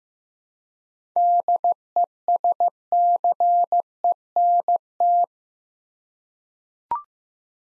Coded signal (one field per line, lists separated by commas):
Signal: Morse code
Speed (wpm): 15 wpm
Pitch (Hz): 700 Hz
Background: none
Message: DESCENT